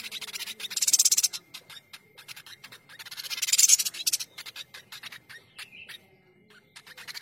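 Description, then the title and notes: Streaked spiderhunter producing two fast, shrill chattering bursts, with scattered softer clicks in between. Masteran training recording for cage birds; the bird is described as singing vigorously (gacor), clear and long. "Pijantung Gunung Gacor Jernih Panjang. Masteran burung"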